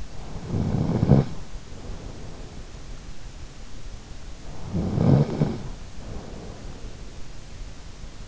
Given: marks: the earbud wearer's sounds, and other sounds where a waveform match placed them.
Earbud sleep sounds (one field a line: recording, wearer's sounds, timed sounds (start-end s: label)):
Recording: sounds in sleep by an in-ear microphone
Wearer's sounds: snoring breath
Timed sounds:
0.00-2.96 s: snoring breath
4.27-7.18 s: snoring breath